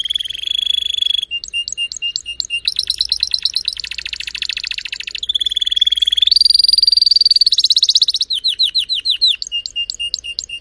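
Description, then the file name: Canary (Spanish Timbrado): canary song in quick trilled rolls: a steady mid-pitched trill, clipped repeated notes, buzzy rapidly pulsed tours, more steady trills, a run of slurred notes, then clipped repeated notes at the end. Spanish Timbrado canary singing; title also calls it a Belgian canary. "canto do canario belga timbrado espanhol"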